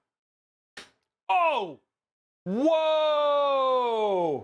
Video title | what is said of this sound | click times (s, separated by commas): How To Build a PC – Giveaways + $2800 Build in the Defender Pro (11700 K / RTX 3070Ti) | Did you guys hear that? That click was legit. | 0.8 s